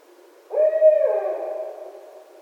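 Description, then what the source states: Barred owl giving a single drawn-out hoot, loud at first then fading; otherwise quiet. 1 December 2011.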